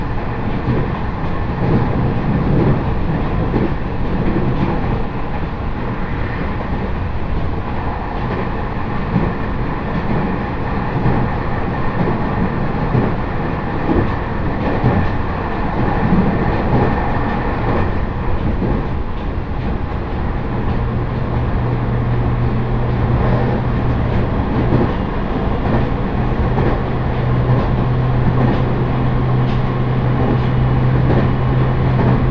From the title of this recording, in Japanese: 鉄道旅 常磐線 南中郷→勝田